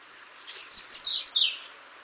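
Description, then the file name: European robin singing one thin, high phrase of quick tinkling notes that slide downward, over a steady soft background hiss. "Erithacus rubecula"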